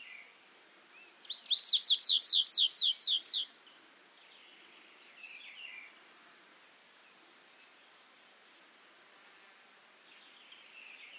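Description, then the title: Stripe-tailed yellow finch song: a quick series of about nine high buzzy downslurred notes lasting two seconds, followed by faint softer chips and a thin high whistle. Subspecies Sicalis citrina citrina. "LuckyPassaro Completos2Sama. Stripe-tailed Yellow Finch"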